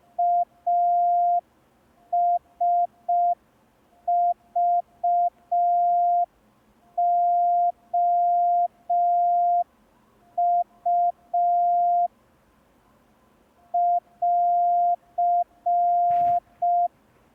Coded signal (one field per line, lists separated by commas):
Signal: Morse code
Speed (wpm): 5 wpm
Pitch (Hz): 700 Hz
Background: none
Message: ASVOU <AR>